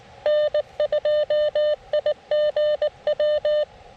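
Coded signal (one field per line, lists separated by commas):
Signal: Morse code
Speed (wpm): 18 wpm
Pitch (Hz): 600 Hz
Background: none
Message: N2IGW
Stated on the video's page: CW portion of a park activation from Buttermilk Falls State Park, run on an FX-4CR transceiver.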